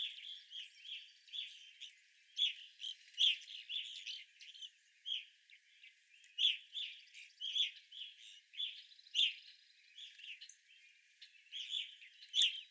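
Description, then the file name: Evening grosbeak calls, many shrill chirps in almost continuous chatter. Evening grosbeaks, 25 April 2021. "2021-04-25 Evening Grosbeaks"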